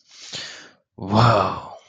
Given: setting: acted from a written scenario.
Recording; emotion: vocal sound without words; triumph